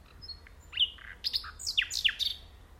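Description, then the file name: Common nightingale giving a brief, varied run of sharp downslurred chirps and high whistled notes. "Luscinia megarhynchos"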